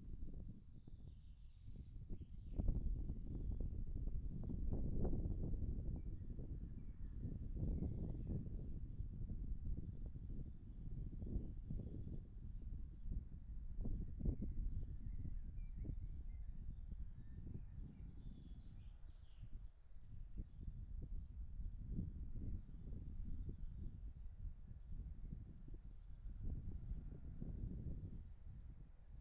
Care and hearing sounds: everyday scene through a hearing-aid microphone; wind on the microphone; wind, birds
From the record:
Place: in front of a rural house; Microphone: behind the ear, left, rear

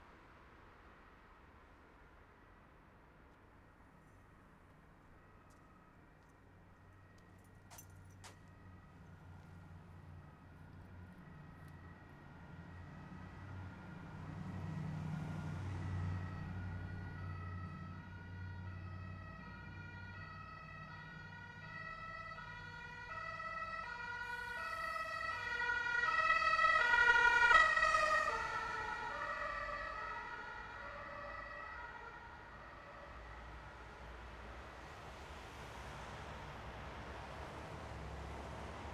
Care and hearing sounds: everyday scene through a hearing-aid microphone; in traffic; traffic, siren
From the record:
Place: bus stop on a city main road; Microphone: behind the ear, right, front

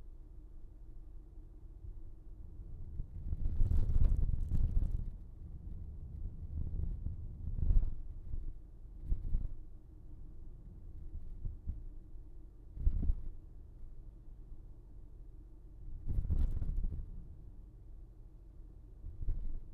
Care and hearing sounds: everyday scene through a hearing-aid microphone; in a vehicle; engine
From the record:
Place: VW T5 Caravelle, diesel engine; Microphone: behind the ear, right, rear

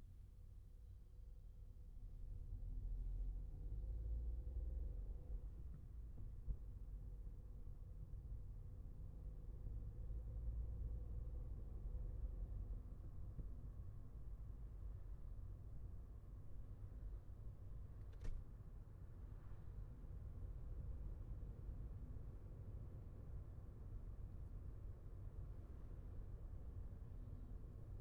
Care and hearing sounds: everyday scene through a hearing-aid microphone; in a vehicle; engine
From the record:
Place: Skoda Fabia, gasoline engine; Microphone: behind the ear, left, front

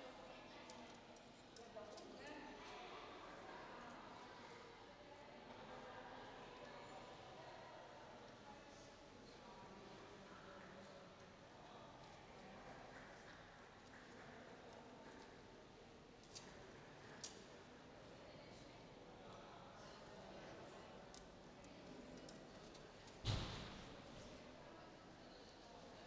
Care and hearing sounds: everyday scene through a hearing-aid microphone; reverberant space; background noise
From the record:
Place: railway station hall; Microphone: in the ear canal, left

